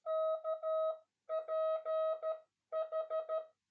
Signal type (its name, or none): Morse code